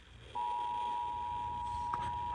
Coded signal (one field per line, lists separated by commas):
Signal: Emergency Alert System (SAME) tones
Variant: 853 and 960 Hz attention tone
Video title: EAS Severe Thunderstorm Waring Adams County, PA EAS#273